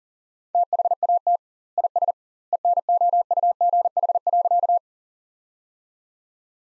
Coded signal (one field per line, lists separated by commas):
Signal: Morse code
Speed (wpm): 40 wpm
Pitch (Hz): 700 Hz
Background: none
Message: THAT IS ENOUGH.